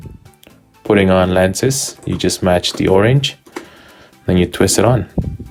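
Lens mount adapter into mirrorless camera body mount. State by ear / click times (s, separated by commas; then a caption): not seated / none. A cheap lens mount adapter is lined up with the orange mark and twisted onto the Micro Four Thirds mount of a Panasonic G9 mirrorless camera body while someone talks. A few faint handling ticks are heard near the start, but nothing has seated or clicked yet when the clip ends.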